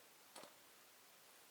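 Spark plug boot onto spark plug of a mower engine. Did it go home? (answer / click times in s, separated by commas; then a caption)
yes / 0.4 s. A rubber spark plug boot is pushed onto the plug terminal of a Scag mower engine. It gives a short, soft clunk at 0.4 s against a steady background hiss, and it snaps on and seats, making its electrical connection.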